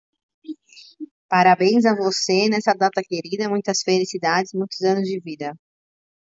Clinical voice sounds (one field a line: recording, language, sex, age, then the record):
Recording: short text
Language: Brazilian Portuguese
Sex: female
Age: 30 to 39 years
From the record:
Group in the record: control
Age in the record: 39 years